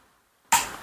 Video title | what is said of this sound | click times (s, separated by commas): Yaesu FT-891 Full Review | sampai bunyi klek itu udah masuk ya. | 0.5 s